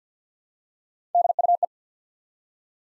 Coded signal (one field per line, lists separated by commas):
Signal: Morse code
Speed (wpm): 50 wpm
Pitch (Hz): 700 Hz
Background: none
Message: DUE